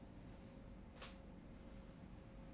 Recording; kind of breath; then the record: one breath in and out by a microphone near the nose and mouth; normal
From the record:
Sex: male